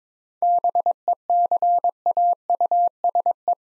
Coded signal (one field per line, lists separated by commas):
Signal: Morse code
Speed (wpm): 22 wpm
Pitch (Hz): 700 Hz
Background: none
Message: BECAUSE